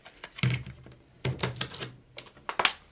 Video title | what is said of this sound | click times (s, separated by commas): Computer Build AMD Ryzen 5 5600x G Skill Ripjaws 32 mb Asus Tuf Gaming x570 Samsung 500 GB 970 Evo | remember on your spend the one side didn't really snap before this one lifted but i didn't hear a snap | 2.7 s